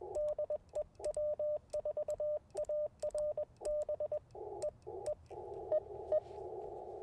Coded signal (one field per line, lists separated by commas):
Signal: Morse code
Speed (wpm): 21 wpm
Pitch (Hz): 600 Hz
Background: radio noise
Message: DE W4ARB E E E E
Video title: Morning Morse Code at Tuskegee National Forest K-4451 - 11/22/23